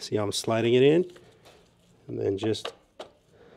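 Someone talks while sliding the motor/spring end of a Medline hospital bed with half rails onto its narrow/wide keyed mount on the bed frame. Only speech and faint handling noises are heard, with a brief soft knock near 3.0 s. Nothing has seated or clicked yet.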